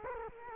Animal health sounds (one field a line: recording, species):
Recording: mosquito wingbeat signal from an infrared sensor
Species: Culex quinquefasciatus